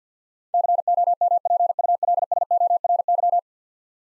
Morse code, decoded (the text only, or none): COMPULSORY